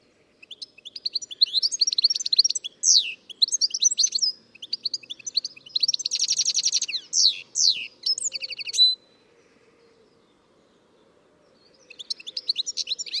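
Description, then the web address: Bird calls, dense series of quick high chirps and buzzy twitters for about nine seconds, then a silent gap before chirping resumes. "Deverinetal 2025 File origin Bird Only"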